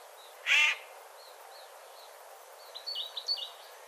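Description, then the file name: Eurasian jay giving a single short, harsh rasping screech near the start, followed by faint chirps and a quick series of short notes. "Garrulus glandarius"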